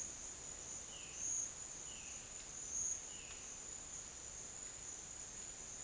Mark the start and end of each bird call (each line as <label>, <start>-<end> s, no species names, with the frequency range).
bird call (1.8-3.3 kHz), 0.94-3.43 s